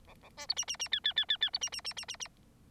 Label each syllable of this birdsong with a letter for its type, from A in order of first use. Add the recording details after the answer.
A A B C D D D E E E E E C D D D D D D. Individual Bird9